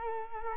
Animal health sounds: mosquito wingbeat signal from an infrared sensor; Culex quinquefasciatus

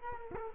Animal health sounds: mosquito wingbeat signal from an infrared sensor; Culex quinquefasciatus

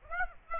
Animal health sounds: mosquito wingbeat signal from an infrared sensor; Aedes aegypti

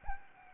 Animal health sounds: mosquito wingbeat signal from an infrared sensor; Anopheles arabiensis

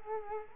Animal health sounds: mosquito wingbeat signal from an infrared sensor; Culex quinquefasciatus

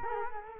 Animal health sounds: mosquito wingbeat signal from an infrared sensor; Culex quinquefasciatus

